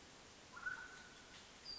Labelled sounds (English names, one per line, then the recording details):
Mountain Quail
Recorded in Sonoma County, California